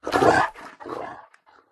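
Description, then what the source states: Dog giving aggressive barks: a loud, harsh, rasping bark followed by a softer one, then faint trailing sounds. Dog calling during an attack.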